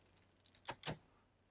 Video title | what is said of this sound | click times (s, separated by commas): STE CPU adapter for PiStormST or DSTB1 | not quite even but a nice solid positive click and there we go that's in all | 0.7 s